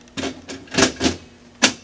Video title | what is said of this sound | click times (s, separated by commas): Brother HL-6180 (DR720)- Onyx Imaging - OKC Printer Repair - Drum Reset | You'll feel it click into place. | 1.6 s